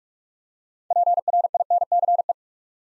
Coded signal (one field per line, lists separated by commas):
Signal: Morse code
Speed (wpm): 44 wpm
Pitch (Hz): 700 Hz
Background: none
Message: PRINCE